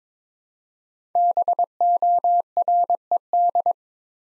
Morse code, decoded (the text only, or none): BORED